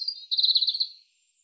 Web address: cianscape birddata Deverinetal 2025 Bird Er Ru